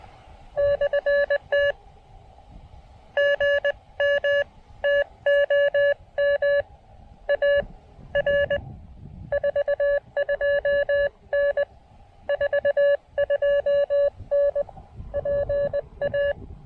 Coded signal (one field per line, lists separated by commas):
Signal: Morse code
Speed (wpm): 20 wpm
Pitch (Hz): 590 Hz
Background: none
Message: /T GM TOM AR 42N 42N PA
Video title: Can the Elecraft AX1 get me through this activation? QRP POTA at Parc de la Plage Jacques Cartier!